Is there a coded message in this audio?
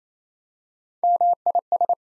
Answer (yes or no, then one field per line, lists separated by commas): yes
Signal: Morse code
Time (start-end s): 1.0-1.9 s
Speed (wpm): 27 wpm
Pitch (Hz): 700 Hz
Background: none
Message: MIS